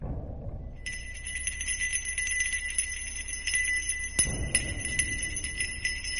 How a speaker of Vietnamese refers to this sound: Ấy thế nào mà cái chuông gió treo ngoài cửa, rõ ràng là trời chả có gió máy gì, có làm sao nó cứ len ca len keng.